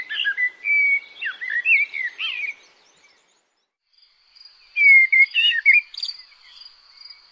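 A bird gives high, twittering chirps with whistled slurs, then goes silent for a moment, then starts a second twittering burst.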